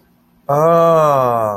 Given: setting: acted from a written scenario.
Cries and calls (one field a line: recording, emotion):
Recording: vocal sound without words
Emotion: realization